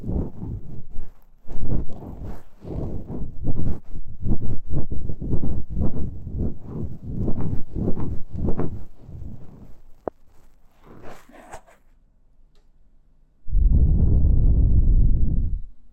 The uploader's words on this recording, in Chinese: ASMR×KU100。掏耳．梵天．馬尾絲。Deep Ear Cleaning。Ear Blowing。